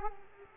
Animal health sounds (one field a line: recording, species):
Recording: mosquito wingbeat signal from an infrared sensor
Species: Culex quinquefasciatus